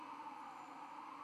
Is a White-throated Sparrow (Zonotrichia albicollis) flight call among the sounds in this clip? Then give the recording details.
no. No flight call is heard. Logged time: 22:15 on 12 November 2014